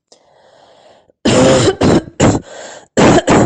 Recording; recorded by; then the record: voluntary cough; messaging app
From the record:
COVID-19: negative